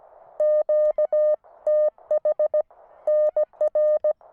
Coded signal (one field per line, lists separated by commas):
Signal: Morse code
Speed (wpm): 17 wpm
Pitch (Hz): 610 Hz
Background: none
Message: QTH NR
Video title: QRP Radio Camping, Kites & Fireworks.